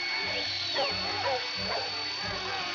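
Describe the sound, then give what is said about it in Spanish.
Dogs bark excitedly in quick, overlapping bursts as they chase a rabbit, with some higher yips mixed in, over a steady, dense background noise and a thin high whine. “¡Los perros están como locos!”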